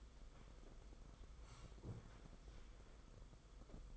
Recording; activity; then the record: daily activity, microphone in the room; sit down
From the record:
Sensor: 5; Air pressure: 990.7 hPa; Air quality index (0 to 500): 149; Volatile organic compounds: 157 ppm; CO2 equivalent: 4051 ppm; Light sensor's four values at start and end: 43/132/51/54 and 44/133/51/55